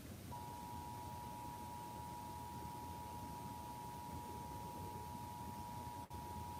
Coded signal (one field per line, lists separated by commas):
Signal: Emergency Alert System (SAME) tones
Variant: 853 and 960 Hz attention tone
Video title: EAS SVR (From ILX) 3/6/26 6:50 PM EST (Credit Goes To @SouthernPennsylvaniaWX/@KanawhaCountyWX)